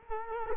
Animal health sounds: mosquito wingbeat signal from an infrared sensor; Culex quinquefasciatus

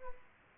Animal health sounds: mosquito wingbeat signal from an infrared sensor; Aedes aegypti

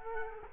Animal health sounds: mosquito wingbeat signal from an infrared sensor; Culex quinquefasciatus

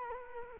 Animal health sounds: mosquito wingbeat signal from an infrared sensor; Culex quinquefasciatus

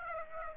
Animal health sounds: mosquito wingbeat signal from an infrared sensor; Aedes aegypti

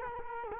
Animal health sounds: mosquito wingbeat signal from an infrared sensor; Culex quinquefasciatus

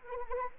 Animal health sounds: mosquito wingbeat signal from an infrared sensor; Anopheles arabiensis

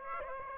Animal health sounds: mosquito wingbeat signal from an infrared sensor; Aedes aegypti

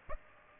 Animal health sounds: mosquito wingbeat signal from an infrared sensor; Aedes aegypti

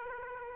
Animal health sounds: mosquito wingbeat signal from an infrared sensor; Aedes aegypti

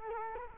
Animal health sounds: mosquito wingbeat signal from an infrared sensor; Culex quinquefasciatus

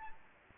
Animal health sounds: mosquito wingbeat signal from an infrared sensor; Anopheles gambiae

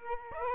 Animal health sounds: mosquito wingbeat signal from an infrared sensor; Aedes aegypti

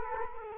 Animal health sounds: mosquito wingbeat signal from an infrared sensor; Culex quinquefasciatus

